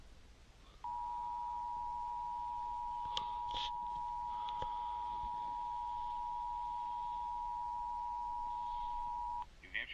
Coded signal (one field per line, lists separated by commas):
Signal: Emergency Alert System (SAME) tones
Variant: 853 and 960 Hz attention tone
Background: speech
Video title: TONES, TONES, & MORE TONES... EAS Tests from 12/3/24 - 12/19/24 (EAS #5,177 - 5,286)